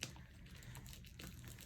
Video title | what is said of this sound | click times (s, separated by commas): trim B453F1B7 137A 456D B2D8 A109DA95C6EB | I'm just gonna question till I hear it click okay | 0.0 s